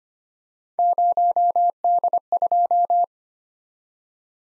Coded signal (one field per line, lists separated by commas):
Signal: Morse code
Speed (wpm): 25 wpm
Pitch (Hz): 700 Hz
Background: none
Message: 0D2